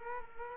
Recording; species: mosquito wingbeat signal from an infrared sensor; Culex quinquefasciatus